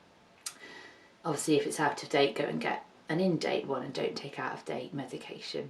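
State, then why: Seated. A metal medication canister of a metered dose inhaler is pushed back into its plastic actuator after its date has been checked. It gives a short, sharp click at 0.5 s as it seats, and then someone talks. The canister clicks back into place.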